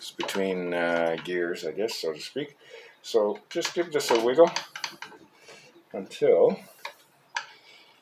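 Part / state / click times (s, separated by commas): spindle lock pin engaging the blade arbor of a mitre saw / seated / 7.4 s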